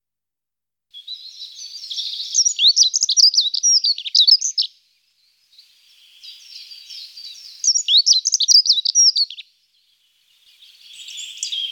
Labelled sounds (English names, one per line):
Dunnock song